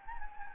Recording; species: mosquito wingbeat signal from an infrared sensor; Anopheles gambiae